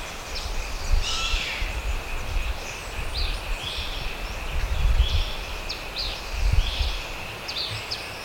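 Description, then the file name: Bird: scattered high chirps and short sweeping notes, one clear lower whistle early, over a faint steady high hum and rumbling low wind. "SABIOD 50 bird 2015"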